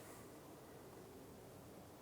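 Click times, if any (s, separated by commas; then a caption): none. A plastic window switch panel for the left side of a 2014-2019 Toyota Highlander is handled as it is pushed straight down into the door trim panel (door card), where two clips on either side will lock it in. Only a steady, even hiss with faint rustling is heard, with no distinct hits. Nothing has seated or clicked yet.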